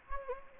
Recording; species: mosquito wingbeat signal from an infrared sensor; Anopheles gambiae